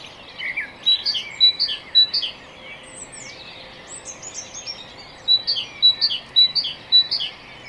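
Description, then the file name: Great tit song: two bursts of rapidly repeated two-note phrases, separated by a few high thin notes, over background hiss. "Parus major"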